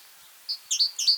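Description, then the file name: Great tit giving three bright, high call notes, the later two doubled, over a soft hiss of background noise. "Parus major"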